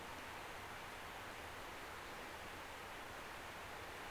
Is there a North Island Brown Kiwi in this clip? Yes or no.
no